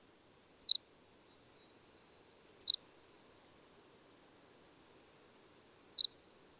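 Bird singing three brief phrases, each four high notes tumbling downward in quick succession, spaced a few seconds apart over near silence.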